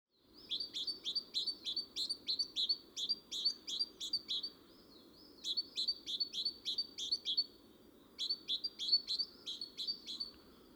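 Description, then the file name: Great tit singing three long runs of rapid, high two-part notes, each run separated by a brief pause, against constant low background noise. "Parus major"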